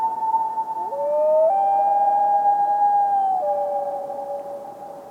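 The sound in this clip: Common loon wailing: long sustained tonal notes that slide up, hold steadily for a few seconds, then drop back and trail off, with an overlapping second tone.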